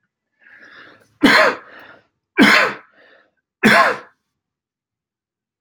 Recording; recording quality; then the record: heavy voluntary cough; excellent, no background noise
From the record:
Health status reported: healthy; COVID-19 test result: not tested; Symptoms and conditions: none ticked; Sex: male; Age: 33 years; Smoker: not ticked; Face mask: not worn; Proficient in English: yes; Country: United States